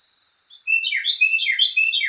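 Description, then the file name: Carolina wren song, a string of loud rolling phrases, each a high note sliding down into a lower swoop, repeated without pause. "suara-kicauan-burung-carolina-wren-variasi-5-omkicau"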